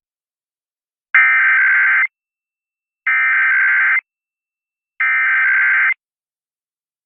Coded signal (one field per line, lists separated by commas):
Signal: Emergency Alert System (SAME) tones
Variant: header bursts